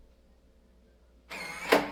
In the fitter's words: ഇത് automatic lock ആവുന്നത് ഞാൻ സൗണ്ട് കേൾപ്പിച്ചു തരാമേ.